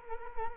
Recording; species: mosquito wingbeat signal from an infrared sensor; Culex quinquefasciatus